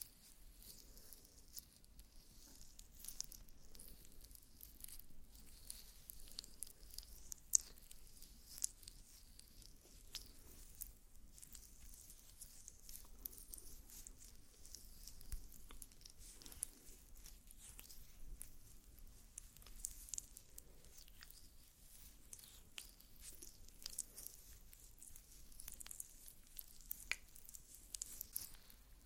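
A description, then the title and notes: Soft makeup sounds with no talking: a steady bed of faint brushing and crisp, airy rustles fills the 29 seconds. Small taps, squishes and sticky clicks pop up irregularly, a sharper click near eight seconds, over a low, constant hum. ASMR Doing Your Makeup , Pure Sounds , No Talking.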